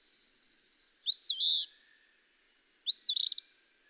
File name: Eastern Phoebe